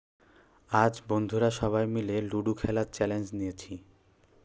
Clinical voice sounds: elicited speech; Bengali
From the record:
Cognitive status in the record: cognitively healthy

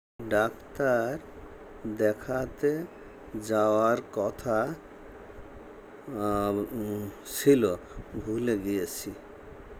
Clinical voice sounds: elicited speech; Bengali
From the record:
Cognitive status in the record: dementia

